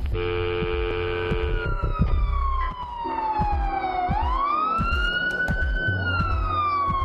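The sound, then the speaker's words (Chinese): Several police and ambulance sirens wail together as many ambulances and police cars gather near Kwong Lee Building on Lantern Street on a winter weekend morning, their loud tones sweeping down and back up in long overlapping glides over a steady rumble of engines, with no voices. “过咗冇几耐，有好多救护车同埋警车聚集喺灯笼街嘅广利大厦附近。”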